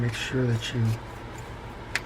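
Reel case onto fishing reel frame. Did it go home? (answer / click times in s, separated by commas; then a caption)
yes / 1.9 s. A man talks while pressing the metal case (side plate) of a vintage 1950s Ocean City 1600 baitcasting fishing reel onto its frame, having lined it up by its teardrop shape. A single sharp snap at 1.9 s marks the case seating into place.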